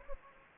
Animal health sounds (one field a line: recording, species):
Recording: mosquito wingbeat signal from an infrared sensor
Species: Anopheles gambiae